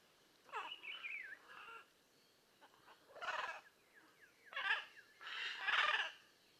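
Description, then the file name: Blue-and-yellow macaw giving harsh, rasping squawks in four bursts, with thinner sliding notes between them. "Blue and yellow Macaw Ara ararauna"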